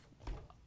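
The small lever on the plastic battery tray hold-down of a Traxxas HOSS RC truck is pushed down and the hold-down slid out, unlocking it. Two short clicks are heard at 0.3 s and 0.5 s, and the hold-down is released.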